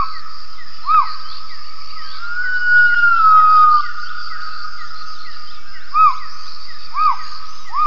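Gibbon call: a few arched, whistled notes and one long smooth whistle, spaced irregularly over a steady high insect drone.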